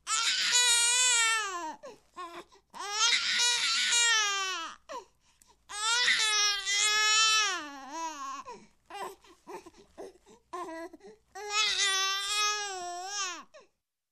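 A newborn gives four long, high-pitched wailing cries, each lasting about two seconds, with short gasping breaths and brief whimpers between them. The cries are strong, typical of ordinary newborn crying.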